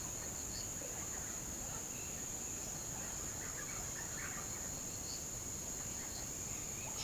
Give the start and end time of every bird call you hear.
[2.90, 4.44] bird call

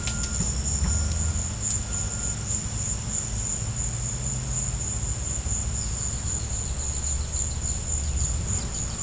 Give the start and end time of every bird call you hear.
[0.84, 1.32] bird call
[6.49, 9.02] bird call

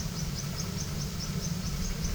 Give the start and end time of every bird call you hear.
[0.00, 2.15] bird call

